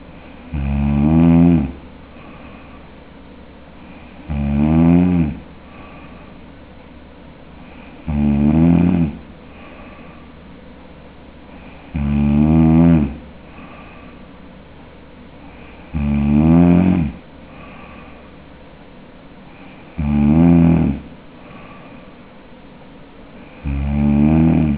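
Palatal snoring in an adult sleeper: regular low-pitched rattling snores on each in-breath, about 16 per minute, separated by quiet exhalations.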